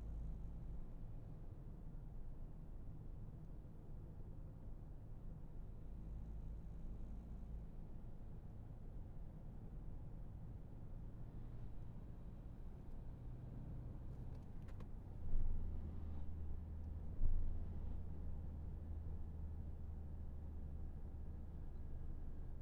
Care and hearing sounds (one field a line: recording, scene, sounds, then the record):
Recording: everyday scene through a hearing-aid microphone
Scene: in a vehicle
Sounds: engine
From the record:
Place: Berlingo II, diesel engine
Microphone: behind the ear, left, rear